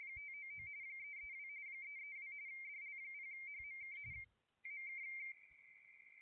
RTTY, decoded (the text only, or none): 599 332 332 DL0HMK MK